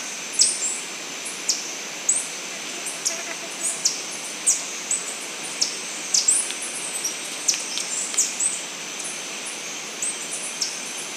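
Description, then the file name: Bird giving bright, very high chirps and short downward notes, repeated at short intervals, with a soft continuous hiss behind. "SABIOD bird 2015"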